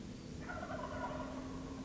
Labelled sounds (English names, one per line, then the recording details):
Wild Turkey
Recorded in Sonoma County, California